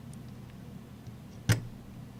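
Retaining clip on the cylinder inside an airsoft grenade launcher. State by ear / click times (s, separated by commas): seated / 1.5 s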